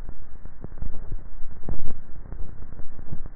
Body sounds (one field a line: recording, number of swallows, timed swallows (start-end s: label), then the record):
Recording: swallowing sounds by neck microphone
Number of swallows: 2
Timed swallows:
0.78-1.72 s: swallow
2.42-3.05 s: swallow
From the record:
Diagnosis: dysphagia